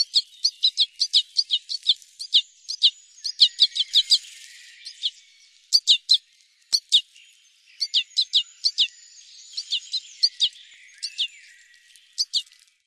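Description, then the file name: Red crossbill calls: rapid runs of short, sharp kip notes in bursts, with brief gaps between volleys. "Beccroise des sapins"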